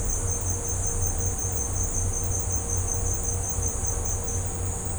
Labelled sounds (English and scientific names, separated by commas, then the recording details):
none
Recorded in secondary vegetation near Puerto Asís, Putumayo, Colombia, on 20 December 2024 at 13:30
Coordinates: 0.502, -76.326
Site G028